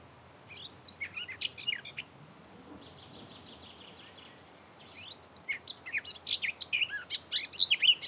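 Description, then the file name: Eurasian blackcap song: short warbled notes, a soft steady trill, then a loud rapid run of varied fluty and chattering notes. "Sylvia atricapilla"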